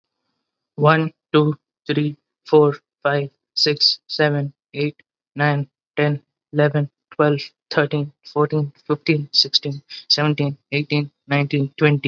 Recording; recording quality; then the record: counting at a normal pace; excellent, no background noise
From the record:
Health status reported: healthy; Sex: male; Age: 20 years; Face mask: not worn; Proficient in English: yes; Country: India